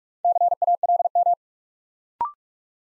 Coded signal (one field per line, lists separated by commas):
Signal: Morse code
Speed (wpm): 45 wpm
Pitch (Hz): 700 Hz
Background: none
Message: CALM